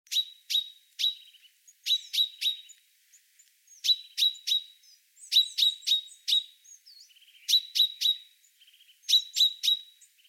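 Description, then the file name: Common chaffinch calls: sharp, clicky notes given in quick clusters of three or four, with short pauses between bursts and faint higher twittering in between. "Fringilla coelebs"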